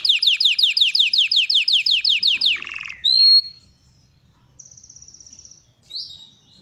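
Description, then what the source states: Belgian canary singing a rapid run of falling whistled notes, then a buzzy burst, a sharp whistle and a soft high trill after a pause. Copper-coloured Belgian canary.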